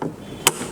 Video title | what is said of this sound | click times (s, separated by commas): electronic voting machines work track 002 1 | खट की आवाज़ आई, ये लग गया। | 0.5 s